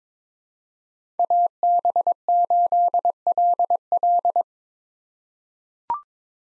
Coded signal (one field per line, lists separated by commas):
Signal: Morse code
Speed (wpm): 21 wpm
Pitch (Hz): 700 Hz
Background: none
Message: AB8LL